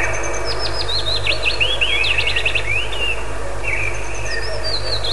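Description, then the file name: Willow warbler song: one full cascade of sweet notes tumbling downward, then the start of another phrase, against a continuous low hum. "penochka vesnichka"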